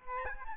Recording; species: mosquito wingbeat signal from an infrared sensor; Aedes albopictus